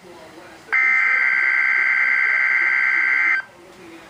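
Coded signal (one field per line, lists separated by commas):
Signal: Emergency Alert System (SAME) tones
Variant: header bursts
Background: speech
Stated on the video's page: Tornado watch, particularly dangerous situation.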